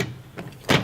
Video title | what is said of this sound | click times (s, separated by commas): How to clean & maintain your Hizero in perfect working order | When you hear a click, it's back into place. | 0.0 s